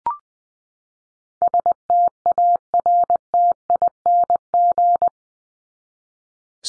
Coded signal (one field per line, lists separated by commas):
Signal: Morse code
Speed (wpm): 20 wpm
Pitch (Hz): 700 Hz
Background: none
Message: STARTING